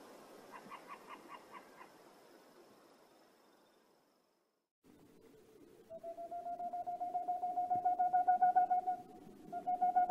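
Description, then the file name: Boreal owl song in the second half: a long run of rapid hollow hoots swelling in loudness, then another burst, after a faint muffled opening. "Rauhfusskauz"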